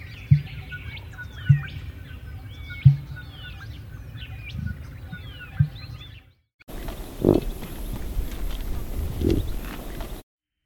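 Emu: five deep booming thumps at fairly regular intervals, with whistled bird calls above, then after a break a noisier stretch with two low grunting pulses.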